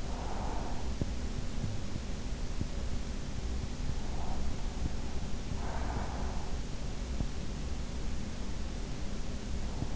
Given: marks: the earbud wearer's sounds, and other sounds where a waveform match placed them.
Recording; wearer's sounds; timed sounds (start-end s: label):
sounds in sleep by an in-ear microphone; breath
0.00-0.90 s: breath
5.53-6.72 s: breath